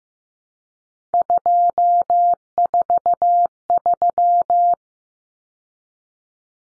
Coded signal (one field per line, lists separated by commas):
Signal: Morse code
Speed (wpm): 15 wpm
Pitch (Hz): 700 Hz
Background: none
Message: 243